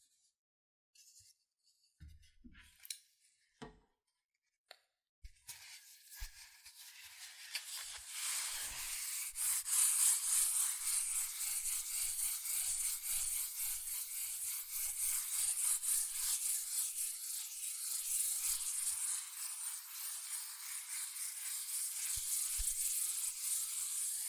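Quick, sparse taps on cardboard and paper open the first five seconds, with short gaps between them. Then a continuous bright scratching and tracing sound takes over, dense and hissy, holding steady to the end with a rapid, fluttering texture and occasional soft knocks underneath.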